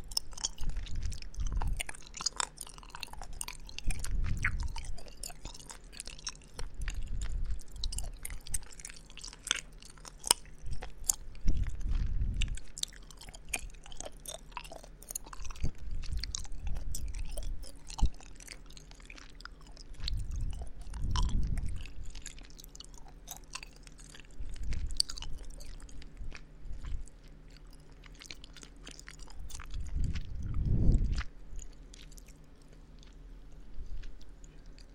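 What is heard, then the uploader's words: Someone eats Halloween candy, chewing steadily with wet, sticky mouth sounds and frequent crisp clicks and smacks. Heavier low thumps of biting or swallowing come every few seconds, strongest near 4, 12, 21 and 31 seconds, over a faint low hum. Eating Halloween Candy. MouthSounds. Chewing sounds.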